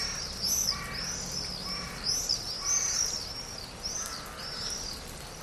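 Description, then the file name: Crow caws: a few short, harsh calls scattered throughout, under high twittering of other birds and a steady background hiss. Wet, misty, damp spring forest in Cyprus. "forest ambience wet misty damp drips birds crows swallows spring cyprus"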